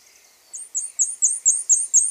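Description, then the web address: Fawn-breasted tanager giving a series of very high, thin notes, about four each second, steady and evenly spaced, over a quiet background. Recorded in Ecuador. "Birds of Ecuador. Fawn-breasted Tanager"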